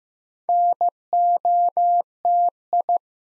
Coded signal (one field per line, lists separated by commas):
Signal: Morse code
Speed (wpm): 15 wpm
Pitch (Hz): 700 Hz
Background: none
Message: NOTI